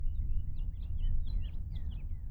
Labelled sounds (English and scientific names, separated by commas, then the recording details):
House Finch (Haemorhous mexicanus) song
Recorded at Woodmere on Long Island, New York, on 11 June 1975
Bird A